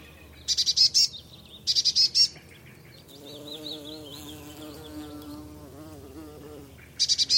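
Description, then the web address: Eurasian blue tit calling in short high bursts of rapid notes, three groups spread throughout, with a wavering low drone in the middle. "Deverinetal 2025 File origin Bird Only Cy Ca"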